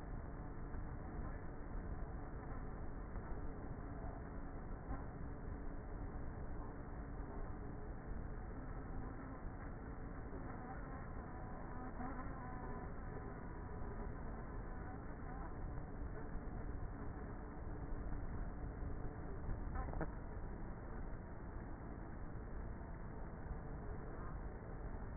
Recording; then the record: honeybee colony, microphone inside the hive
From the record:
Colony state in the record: queenless with a low population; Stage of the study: before two queens were removed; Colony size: about 30,000 bees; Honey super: no